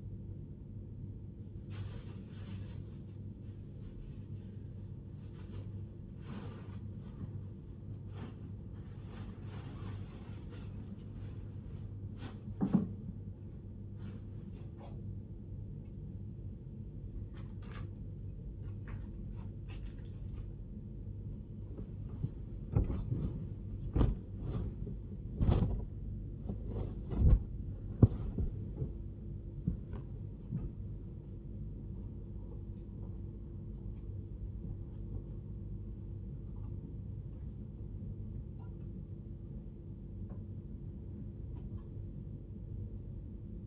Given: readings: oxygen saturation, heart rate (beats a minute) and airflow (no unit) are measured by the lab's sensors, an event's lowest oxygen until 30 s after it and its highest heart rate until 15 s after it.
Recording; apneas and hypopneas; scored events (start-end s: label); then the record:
a person awake in a sleep study, by a smartphone at the bedside; none
0.00-43.67 s: awake
From the record:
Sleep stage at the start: awake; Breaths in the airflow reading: 14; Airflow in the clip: -1.1 to 0.9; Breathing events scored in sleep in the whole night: 101 in 7.3 hours asleep